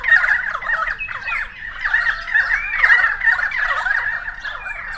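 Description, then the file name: Several currawongs calling at once, a continuous tangle of harsh squawks and short rising whistled notes throughout. Several currawongs recorded on 28 May 2013. "130528 Currawongs"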